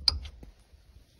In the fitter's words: i push it in with my foot which i was not able to film at the same time and then this lock goes down